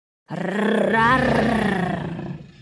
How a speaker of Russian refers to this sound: Тень динозавра тем временем рассеялась в воздухе, но протяжный рык раздался еще раз.